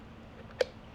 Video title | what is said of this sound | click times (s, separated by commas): XMartO's Best Solar Security Camera? Most Likely | then yeah it's going to lock into place | 0.6 s